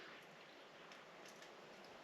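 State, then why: Not seated. Two plastic harness connectors, the JB4 tuner harness plug with Bluetooth option and the stock vehicle wiring connector on a 2022 Toyota Tundra TRD Pro, are lined up by their tabs before being pushed together, male into female. Only a steady, even broadband hiss is heard, with no distinct taps or transients. Nothing has seated or clicked yet.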